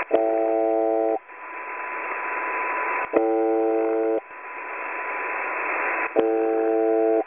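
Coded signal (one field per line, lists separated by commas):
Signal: channel marker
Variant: UVB-76 (The Buzzer)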